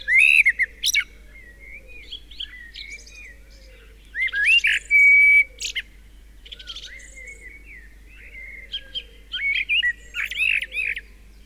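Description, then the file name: Common blackbird singing mellow, warbled whistled phrases, each finished with thin high twittering notes, with short gaps between the phrases. "Turdus merula"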